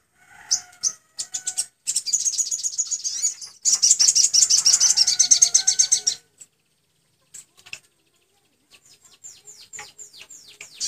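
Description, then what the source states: Sunbird song of high chips building into fast, shrill trills, then fading into a series of quick thin downslurred notes. Tutor recording for training caged sunbirds, given with water therapy; the voice is described as clear.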